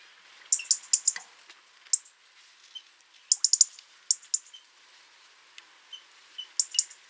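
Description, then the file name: European robin making quick runs of sharp, high ticks, repeated in several short bursts with faint soft notes between them. "Erithacus rubecula"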